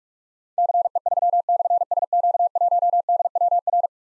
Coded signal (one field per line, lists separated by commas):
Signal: Morse code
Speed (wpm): 44 wpm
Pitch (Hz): 700 Hz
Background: none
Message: CE3/SQ1DWR